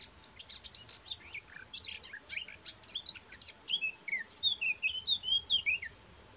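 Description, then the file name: Eurasian blackcap song: a quiet, scratchy chattering warble builds over several seconds into a louder run of clear, fluty whistled notes, with faint steady background hiss. "Sylvia atricapilla"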